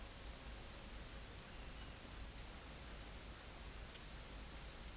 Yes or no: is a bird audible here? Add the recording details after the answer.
no. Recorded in pastures near Puerto Asís, Putumayo, Colombia, on 18 December 2024 at 11:00. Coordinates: 0.472, -76.331. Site GP02